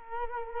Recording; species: mosquito wingbeat signal from an infrared sensor; Culex quinquefasciatus